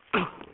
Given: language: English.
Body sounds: throat vibration sensor signal played as sound; cough

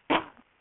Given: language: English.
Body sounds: throat vibration sensor signal played as sound; cough

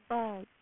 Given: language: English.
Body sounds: throat vibration sensor signal played as sound; speech

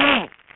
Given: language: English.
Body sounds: throat vibration sensor signal played as sound; throat clearing

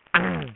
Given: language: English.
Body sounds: throat vibration sensor signal played as sound; throat clearing

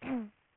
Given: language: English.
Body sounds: throat vibration sensor signal played as sound; throat clearing

